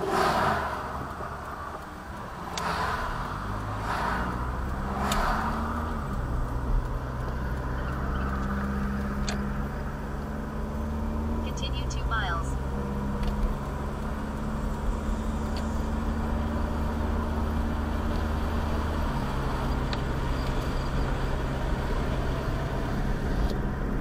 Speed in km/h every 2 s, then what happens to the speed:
0, 3, 18, 24, 31, 37, 42, 48, 55, 58, 61, 64.
0-24 pulls away to 64.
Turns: 3-9.